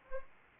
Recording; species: mosquito wingbeat signal from an infrared sensor; Anopheles arabiensis